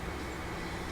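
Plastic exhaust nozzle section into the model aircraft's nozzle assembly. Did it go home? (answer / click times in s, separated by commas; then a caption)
no / none. Plastic exhaust nozzle parts of a 1/48 scale Tamiya F-16C/N Aggressor model kit are aligned and pressed together, with the nozzle section going into the aircraft's nozzle assembly. Only a steady, low, broadband background noise is heard, with no distinct hits. Nothing has seated or clicked yet.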